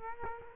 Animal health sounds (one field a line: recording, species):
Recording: mosquito wingbeat signal from an infrared sensor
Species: Culex quinquefasciatus